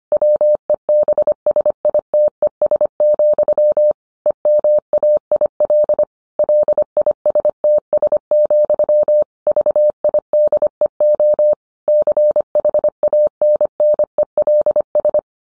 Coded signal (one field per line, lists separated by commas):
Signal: Morse code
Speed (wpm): 25 wpm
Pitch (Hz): 600 Hz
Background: none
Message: WEBSITES, EMAIL LISTS, VIDEO CHANNELS